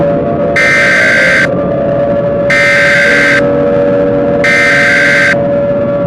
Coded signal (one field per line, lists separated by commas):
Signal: Emergency Alert System (SAME) tones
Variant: header bursts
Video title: EAS Scenario (my first one!) PUMPKINS! (13+)￼